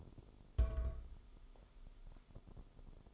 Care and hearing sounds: daily activity, microphone in the room; place on stove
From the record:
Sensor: 5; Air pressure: 988.4 hPa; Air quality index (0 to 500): 204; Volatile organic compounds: 83 ppm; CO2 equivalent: 3630 ppm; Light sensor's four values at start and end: 47/139/55/60 and 47/139/55/59

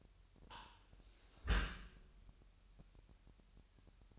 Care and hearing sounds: daily activity, microphone in the room; close dishwasher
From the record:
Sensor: 2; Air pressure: 998.2 hPa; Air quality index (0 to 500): 147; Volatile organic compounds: 4 ppm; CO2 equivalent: 1660 ppm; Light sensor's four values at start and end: 10/30/12/11 and 10/30/12/11

